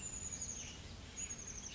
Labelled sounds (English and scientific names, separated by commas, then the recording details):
Chestnut-backed Chickadee (Poecile rufescens)
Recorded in Sonoma County, California